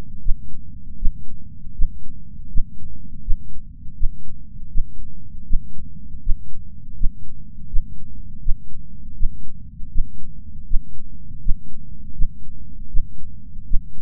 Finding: Heartbeat.